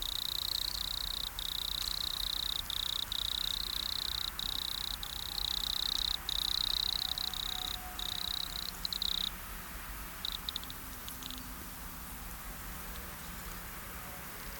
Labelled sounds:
Wood Cricket stridulation
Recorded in the wild
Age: imago
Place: Treuchtlingen, Heumöderntal, Bayern, DE
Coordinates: 48.96, 10.91
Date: 1993-09-02 10:54
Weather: sonnig 15,3° C
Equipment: Marantz CP 430, Sennheiser MKH 416 T, Kopie Uher Variocord 263
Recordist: Tembrock, Günter
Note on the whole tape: Stridulation (sehr gute Qualität)

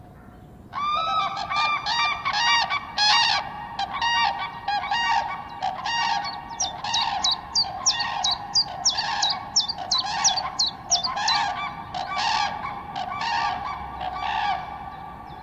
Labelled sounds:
Common Crane call
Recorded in the wild
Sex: pair
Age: adult
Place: Schönow, Naturpark Barnim, Brandenburg, DE
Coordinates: 52.6786, 13.5083
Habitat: wetland
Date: 2010-04-18
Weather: heiter, 10°C, windstill
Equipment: Sound Devices 702, Sennheiser MKH 70, Rycote Windschutz
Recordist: Frommolt, Karl-Heinz
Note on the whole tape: Naturschutzgebiet Schönower Heide, Rohrbruch: Duett eines Kranichpaares. Entfernung 150 m. Anschließend Rufe, als sich zwei Tiere gejagt haben. Davor 52 s geschnitten. Zwischen zweitem und drittem Duett 8:50 min geschnitten. Beim Duett waren die Partner 5 m voneinander entfernt. Anschließend Fluggeräusche im Vorbeiflug. Insgesamt waren 5 Tiere anwesend. Das duettierende Paar brütet hier wahrscheinlich

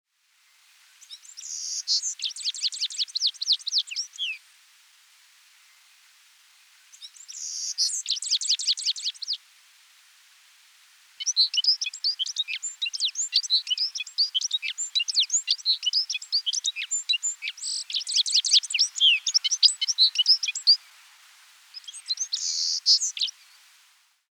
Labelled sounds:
Citril Finch
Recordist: Tretzel, Erwin
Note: Gesang

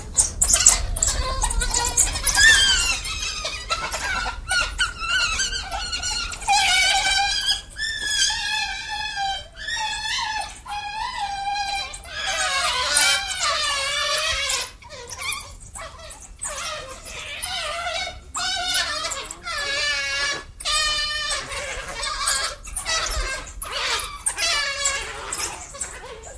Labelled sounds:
African Wild Dog call
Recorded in captivity
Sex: group
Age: adult
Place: Zoo Berlin, Berlin, DE
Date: 2007-08-28 17:20
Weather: sunny, 18°C
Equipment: Sony WM-D6C, Sennheiser ME 80, Kopie Uher 4000 Report Monitor
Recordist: Tembrock, Günter
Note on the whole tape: Begegnungen in Gruppe

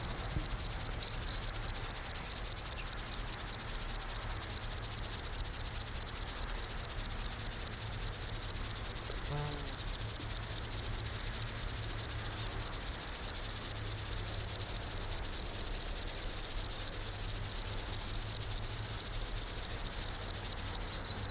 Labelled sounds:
Upland Field Grasshopper
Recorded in the wild
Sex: male
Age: imago
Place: Blankenfelde, Berlin, DE
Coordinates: 52.63, 13.4
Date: 1991-10-06 12:51
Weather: sonnig, Schatten: 25,3 °C, Sonne: 30,4°C
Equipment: Marantz CP 430, Sennheiser ME 80, K 30 AV, Kopie Tesla B 116
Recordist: Tembrock, Günter
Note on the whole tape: Mehrere Männchen, z.T. Rivalenlaute

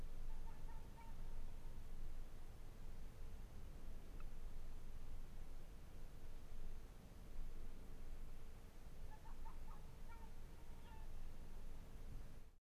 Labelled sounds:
Arctic Fox
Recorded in the wild
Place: Insel Mednyi, Kommandeur-Inseln, RU
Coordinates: 54.5167, 168.083
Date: 1999-08-03
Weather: 8°C, leichter Nebel, schwacher Wind
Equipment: Sony WM-D6C, Sennheiser ME 80, K 30 AV, Windkorb, Kopie Tascam DA 30
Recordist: Jakupi, Antje

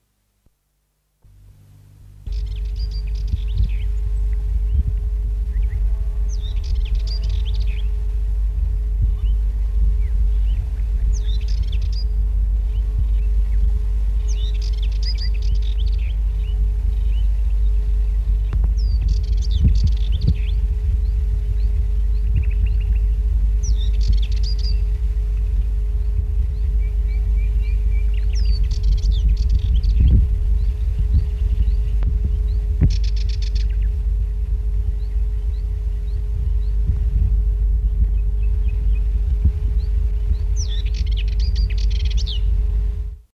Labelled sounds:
Sardinian Warbler call
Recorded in the wild
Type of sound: call
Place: Costa Brava, Katalonien, ES
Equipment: Halbspur, 9,5 cm/s
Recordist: Lütgens, Hans
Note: Rufe

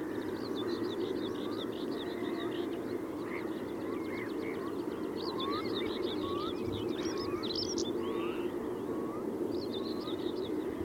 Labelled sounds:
European Stonechat song
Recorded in the wild
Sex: male
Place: Wierden, Overijssel, NL
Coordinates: 52.358, 6.594
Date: 1990-05-18
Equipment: Nagra III BH, Sennheiser MD 21, parabola
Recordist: Schubert, Michael

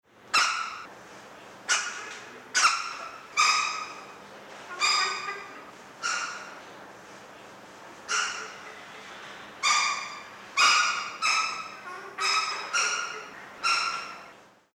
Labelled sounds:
Green Woodhoopoe
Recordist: Tembrock, Günter
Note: Kurzlaute

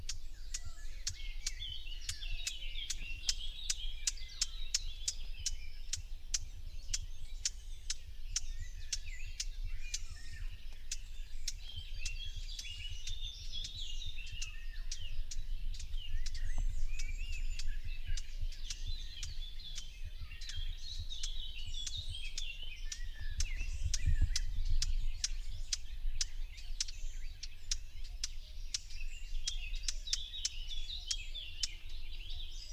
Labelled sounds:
Common Whitethroat call
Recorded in the wild
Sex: pair
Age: adult
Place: Parsteinwerder, Parsteiner See, Brandenburg, DE
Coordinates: 52.9575, 13.9733
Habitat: wood
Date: 2007-06-06 06:10
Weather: overcast, ca. 15°C, no wind
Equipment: Sound Devices 702, Sennheiser MKH 416 T, Windkorb
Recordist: Frommolt, Karl-Heinz

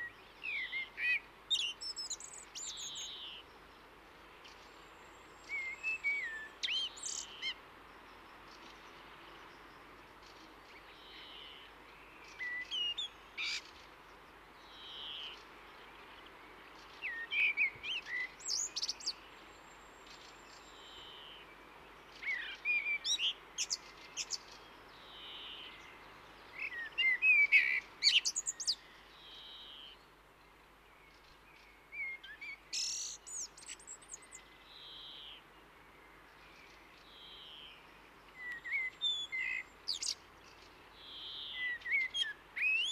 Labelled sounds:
Common Blackbird song
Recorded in the wild
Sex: male
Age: adult
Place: Oberstdorf, Bayern, DE
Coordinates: 47.4378, 10.3039
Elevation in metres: 1055
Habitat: mountains
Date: 1976-04-05
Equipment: Nagra IV, Sennheiser MKH 405, Parabolreflektor
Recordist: Tretzel, Erwin

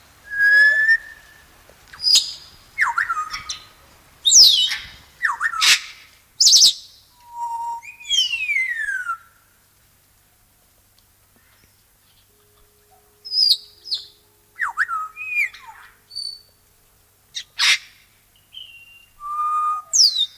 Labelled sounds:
Grey Parrot call
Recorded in captivity
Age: adult
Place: Tiergarten Schönbrunn, Wien, AT
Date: 1999-11-09 17:35
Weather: stark bedeckt, leichter Regen, 5°C
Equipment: Sony WM-D6C, Sennheiser ME 80, Kopie Uher 4000 Report Monitor
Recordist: Tembrock, Günter

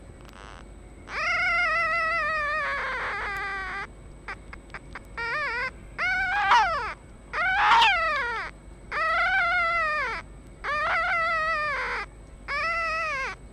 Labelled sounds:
Red Fox
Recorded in captivity
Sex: male
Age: juvenile
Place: Zoologisches Institut der HUB, Berlin, DE
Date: 1956-05-01 12:40
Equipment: Elmetra
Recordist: Tembrock, Günter
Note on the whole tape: Molly-Welpen: Männchen: Quärren mit Tremolo - Knarren (betonter Endlaut)

